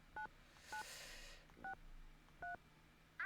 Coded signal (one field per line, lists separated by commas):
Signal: DTMF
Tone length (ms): 110 ms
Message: 9963